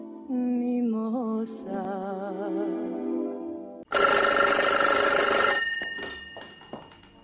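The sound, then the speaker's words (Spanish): A tail of warbling music fades out, then a loud, metallic telephone bell rings in one sustained burst of about a second and a half before cutting off: a call coming in to the Teléfono de la Esperanza helpline. “El teléfono de la Esperanza, le habla Esperanci.”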